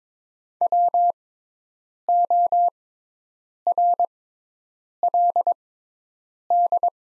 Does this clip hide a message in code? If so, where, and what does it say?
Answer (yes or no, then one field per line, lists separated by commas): yes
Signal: Morse code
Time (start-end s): 0.6-6.9 s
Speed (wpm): 22 wpm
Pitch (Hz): 700 Hz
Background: none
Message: WORLD